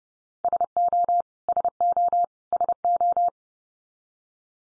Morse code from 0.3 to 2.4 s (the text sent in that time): SO SO